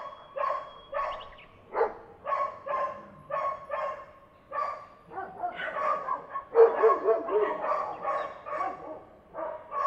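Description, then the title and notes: Dog barking in quick, uneven runs of sharp barks, with a short pause near the middle before the barking thickens. May 2016. "Yesterday's Dogs. May 2016"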